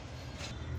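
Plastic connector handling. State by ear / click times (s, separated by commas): not seated / none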